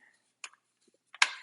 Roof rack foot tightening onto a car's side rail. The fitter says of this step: original side until you get a click with this this handle. That indicates that it's been fully tightened.